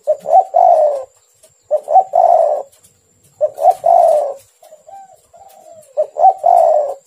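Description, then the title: Spotted dove repeatedly coos: four phrases of two brief notes leading into a longer, hoarse, falling coo, with a quieter soft coo between, and a faint constant high whine. "Tekukur"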